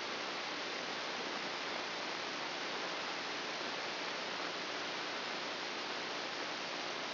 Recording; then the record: brain microelectrode recording played as sound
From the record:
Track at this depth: outside the subthalamic nucleus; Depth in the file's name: 7.504 mm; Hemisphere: left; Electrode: 2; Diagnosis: Parkinson's disease